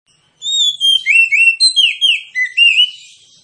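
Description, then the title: Magpie-robin song, a rapid run of clear, loud whistled notes sliding up and down, with rich varied phrases delivered almost without pause. Persistent, full 'tembakan' (rapid-fire) song, presented as making other magpie-robins fight. "Kacer Langsung Tarung Konslet KACER NGOTOT FULL TEMBAKAN. Kicau Kacer"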